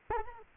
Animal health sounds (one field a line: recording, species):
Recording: mosquito wingbeat signal from an infrared sensor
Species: Anopheles arabiensis